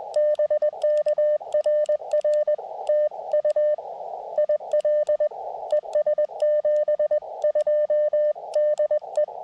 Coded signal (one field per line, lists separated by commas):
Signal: Morse code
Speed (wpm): 22 wpm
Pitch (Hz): 610 Hz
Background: radio noise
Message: BK RR TU IL ES 72 DE